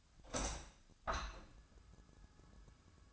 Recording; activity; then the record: daily activity, microphone in the room; open window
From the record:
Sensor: 2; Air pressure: 1004.5 hPa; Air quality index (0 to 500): 101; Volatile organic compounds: 2 ppm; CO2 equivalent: 1212 ppm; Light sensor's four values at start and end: 6/14/5/6 and 6/14/5/5